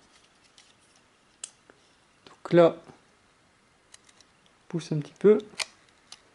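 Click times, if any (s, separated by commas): 6.1 s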